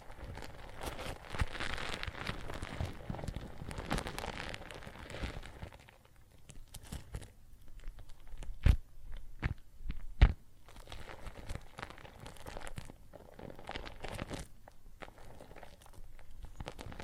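Water and soap foam crackle and fizz in dense bursts, thinning after six seconds, with two sharp clicks near nine and ten seconds.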